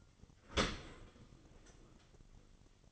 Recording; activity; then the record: daily activity, microphone in the room; open dishwasher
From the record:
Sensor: 4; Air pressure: 1003.9 hPa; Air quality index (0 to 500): 146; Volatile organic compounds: 2 ppm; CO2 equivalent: 1044 ppm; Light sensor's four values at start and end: 19/45/19/19 and 19/45/19/20